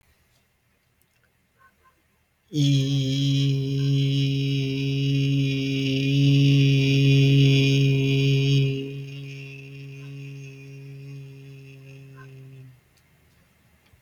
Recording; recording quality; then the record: sustained vowel as in beet; excellent, no background noise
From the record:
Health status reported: healthy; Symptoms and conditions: none ticked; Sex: male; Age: 24 years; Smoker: not ticked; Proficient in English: yes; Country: India